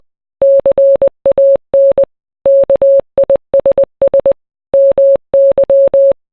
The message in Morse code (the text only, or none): CAN KISS MY